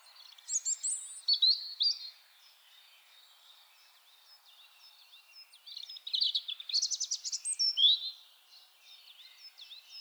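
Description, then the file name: European robin song in two phrases, each a jumble of shrill whistles and fast trills, separated by a pause of about four seconds. "Erithacus rubecula"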